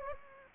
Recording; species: mosquito wingbeat signal from an infrared sensor; Anopheles gambiae